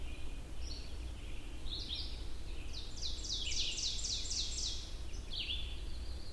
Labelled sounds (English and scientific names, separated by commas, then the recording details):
Ovenbird (Seiurus aurocapilla) song
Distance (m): 45 m
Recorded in boreal forest in Alberta, Canada, on 22 June 2016 at 05:57
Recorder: SongMeter 3, array SBT-6-76
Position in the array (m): 150 m, 108 m
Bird 3